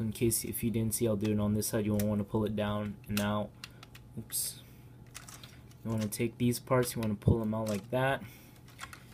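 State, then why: Seated. Someone talks while transforming a plastic Transformers Age of Extinction Leader Class Optimus Prime action figure, pulling its side panels down and out so another section swings up. Scattered small plastic clicks and rattles are heard, then the panel clicks into place in its hinge or ratchet joint with two sharp clicks at 8.8 s and 8.9 s, seating securely.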